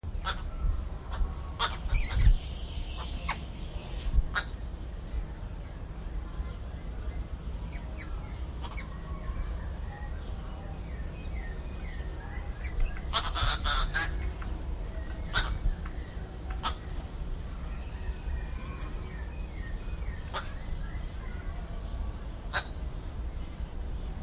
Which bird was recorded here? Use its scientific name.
Phoeniculus purpureus